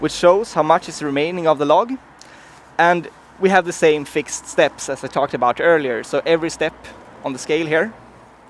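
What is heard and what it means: Someone talks over a low background hum while handling the height adjustment on a portable sawmill, where the carriage is raised over the log in fixed steps, each step engaging a detent on the height scale worth a quarter of an inch. Nothing has clicked into place yet by the end of the clip.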